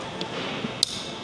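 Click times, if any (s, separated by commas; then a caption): 0.8 s. On a 2001–2010 Duramax fuel tank sending unit, the wire from the fuel level sensor card is wrapped around the feed line and its plug is pushed into the bottom of the unit, just beneath the connector. A faint tick sounds at 0.2 s, then a sharp, bright snap at 0.8 s as the connector seats in place.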